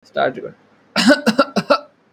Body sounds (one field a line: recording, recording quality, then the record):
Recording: shallow voluntary cough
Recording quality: excellent, no background noise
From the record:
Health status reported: healthy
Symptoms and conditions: cough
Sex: male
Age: 20 years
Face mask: not worn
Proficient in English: yes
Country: India